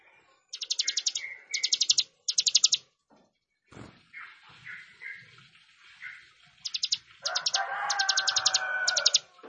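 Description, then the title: Plain prinia giving several short trains of fast buzzy clicks, interrupted by a thump and soft lower notes, ending alongside a harsher, lower sound. "Ciblek Sawah"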